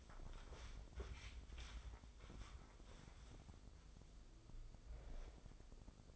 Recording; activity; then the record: daily activity, microphone in the room; wipe stove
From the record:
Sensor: 5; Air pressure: 996.2 hPa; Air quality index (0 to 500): 95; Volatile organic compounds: 5 ppm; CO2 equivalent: 1818 ppm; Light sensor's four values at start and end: 37/85/36/39 and 40/91/39/42